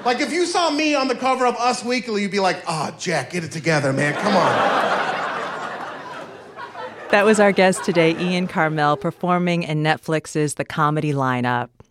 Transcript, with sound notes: like, if you saw me on the cover of Us Weekly, you'd be like, oh, Jack, get it together, man. Come on.
(LAUGHTER)
That was our guest today, Ian Karmel, performing in Netflix's "The Comedy Lineup."